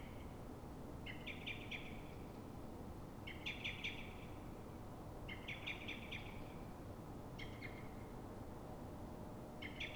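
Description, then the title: Common blackbird alarm call, short hurried bursts of harsh repeated notes roughly every two seconds, one brief burst among them, with a constant low hum behind. Frightened or threatened blackbird at dawn, probably reacting to another blackbird; Pl. de Francisco Escolar, Fuenlabrada, Madrid, Spain; Zoom H1n recorder. "Pl. de Francisco Escolar, 10, 28944 Fuenlabrada, Madrid, España - Mirlo asustado"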